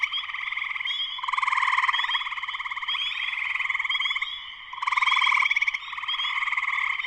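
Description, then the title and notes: Dense spring peeper chorus with many overlapping high peeps and buzzy pulsed trills, loudness surging in waves every couple of seconds. Full chorus shortly after sunset, Sleeping Bear Dunes National Lakeshore, northern Michigan, USA. "Spring peepers (chorus frogs) in full chorus shortly after sunset in the Sleeping Bear Dunes National Lakeshore in northern Michigan, USA. Recorded by Darrin Wassom. Music for Sleep"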